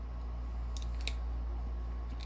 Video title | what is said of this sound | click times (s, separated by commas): This is a review of the Benchmade Griptillian. | but overall this is a very satisfying click as | 1.1 s